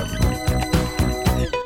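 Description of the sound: Steady high whistling tones hang over a rumbling, rattling low noise that pulses in short bursts every quarter to half second. A simulation of tinnitus, the bothersome, unwanted ringing, whistling, hissing or rattling ear noise heard without any outside source.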